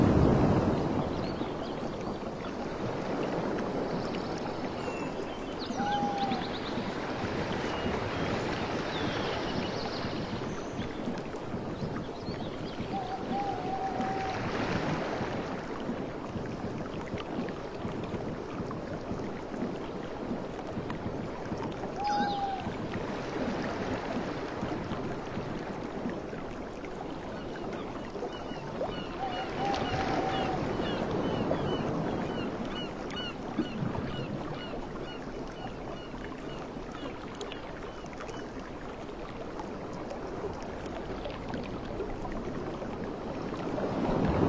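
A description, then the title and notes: A steady, dense roar of ocean surf fills the whole recording, with waves swelling louder around 15 and 30 seconds. Short, thin whistled calls, likely birds from the forest, sound faintly every several seconds over the constant wash. Ocean Beach and Forest Sounds. This 1.5-hour audio recording captures the essence of a tranquil beach setting, with water white noise. Ocean waves, and soft water splashes.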